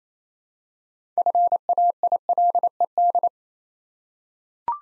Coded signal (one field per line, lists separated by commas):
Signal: Morse code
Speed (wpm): 28 wpm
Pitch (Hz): 700 Hz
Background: none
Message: FAILED